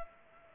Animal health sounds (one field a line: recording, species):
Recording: mosquito wingbeat signal from an infrared sensor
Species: Culex pipiens